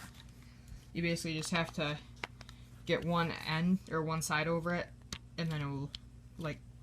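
A plastic rail cover is being fitted onto an airsoft rifle's handguard rail while someone talks, with faint handling sounds and short sharp ticks near 0.2 s and 0.7 s. One side of the cover is being hooked over the rail before it is pressed down. The clip ends before that, so nothing has seated or clicked yet.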